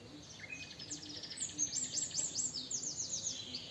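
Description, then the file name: Eurasian wren giving rapid, very high-pitched trills of quick repeated notes, faint against steady background noise. "Troglodytes troglodytes"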